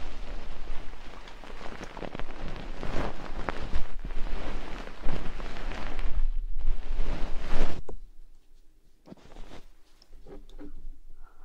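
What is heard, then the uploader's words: Breathy ear blowing, dense rushing puffs for about eight seconds, then quieter, separate gusts with brief pauses between them. ASMR Ear blowing.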